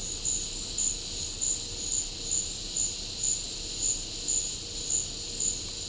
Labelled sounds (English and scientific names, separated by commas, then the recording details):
none
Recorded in pastures near Puerto Asís, Putumayo, Colombia, on 21 December 2024 at 12:30
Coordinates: 0.496, -76.326
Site G004